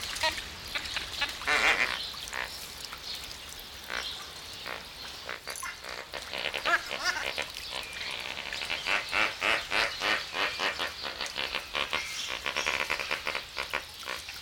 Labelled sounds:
Puna Ibis

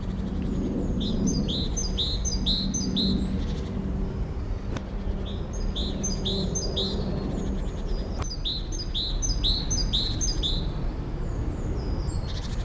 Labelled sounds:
European Robin

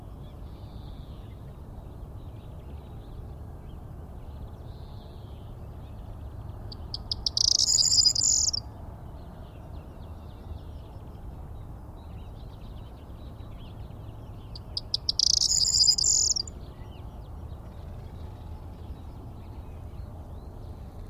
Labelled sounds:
Corn Bunting song

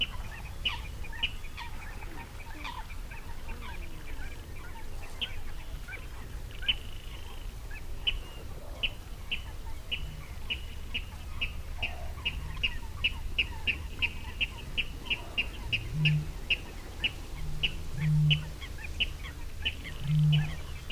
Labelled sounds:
Water Rail

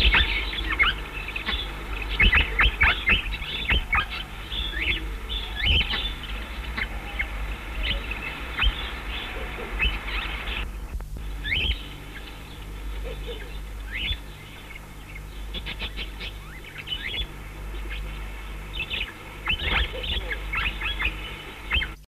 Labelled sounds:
Cockatiel call

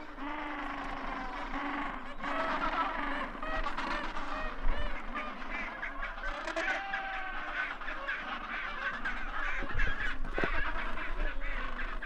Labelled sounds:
Gentoo Penguin call

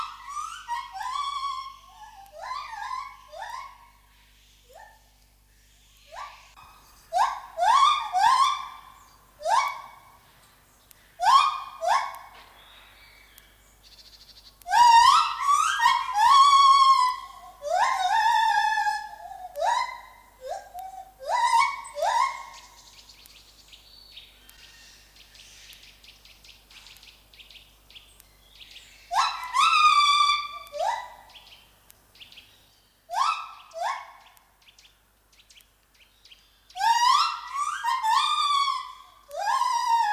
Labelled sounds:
Lar Gibbon call

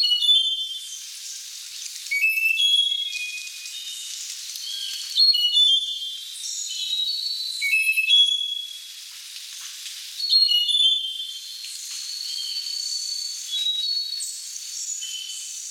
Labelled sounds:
Slaty-backed Nightingale-Thrush song

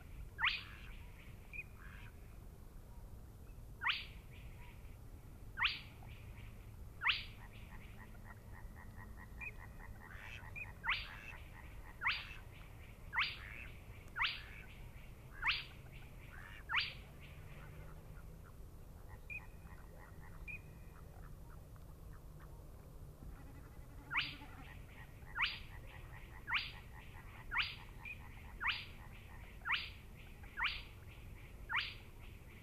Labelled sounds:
Spotted Crake song

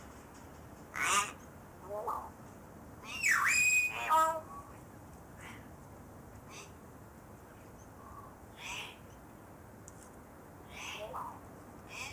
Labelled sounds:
Yellow-faced Myna call

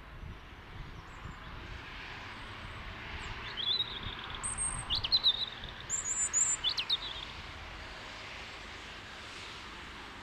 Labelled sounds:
European Robin song

